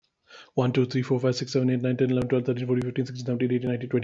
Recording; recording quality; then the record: counting at a fast pace; excellent, no background noise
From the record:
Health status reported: healthy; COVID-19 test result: not tested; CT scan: not taken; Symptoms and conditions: none ticked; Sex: male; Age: 37 years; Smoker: no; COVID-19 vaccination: both doses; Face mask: not worn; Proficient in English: yes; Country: India